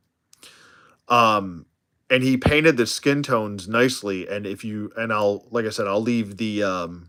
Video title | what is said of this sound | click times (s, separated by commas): Stream is live! | and it even clicks in place. Listen to that. That is so satisfying. | 0.3 s